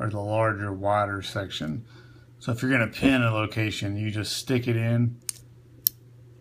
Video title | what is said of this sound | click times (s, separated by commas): Honda and Acura OBD2A and OBD2B Depin and Pin ECU Connectors Plugs | and you hear that snap it just snaps right in | 5.9 s